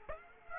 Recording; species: mosquito wingbeat signal from an infrared sensor; Aedes aegypti